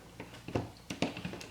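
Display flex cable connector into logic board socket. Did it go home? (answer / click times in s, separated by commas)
yes / 1.0 s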